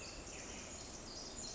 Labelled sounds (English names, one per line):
Pacific Wren